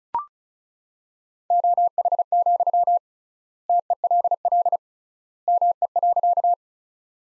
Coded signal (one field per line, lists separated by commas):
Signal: Morse code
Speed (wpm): 34 wpm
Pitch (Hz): 700 Hz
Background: none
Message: OH, TELL ME.